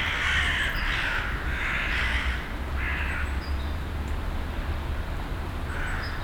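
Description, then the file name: Raven calls, several rough caws over the first three or so seconds, then low rumble and one more caw near the end. Recorded 25 December 2012 at Hütteldorf. "2012-12-25 raben huetteldorf"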